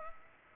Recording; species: mosquito wingbeat signal from an infrared sensor; Culex pipiens